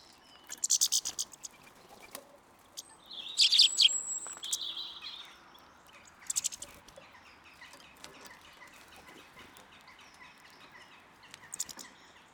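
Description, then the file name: European goldfinch calls: short bursts of high twittering chips and a brief buzzy, tinkling phrase, then scattered faint chirps over quiet background. "Carduelis carduelis"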